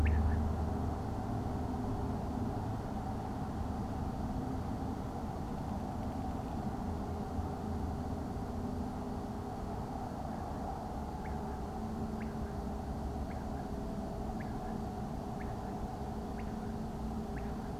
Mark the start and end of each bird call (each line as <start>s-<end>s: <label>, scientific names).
0.05s-0.37s: Coturnix coturnix
11.24s-11.59s: Coturnix coturnix
12.19s-12.52s: Coturnix coturnix
13.29s-13.64s: Coturnix coturnix
14.39s-14.74s: Coturnix coturnix
15.39s-15.73s: Coturnix coturnix
16.37s-16.75s: Coturnix coturnix
17.36s-17.70s: Coturnix coturnix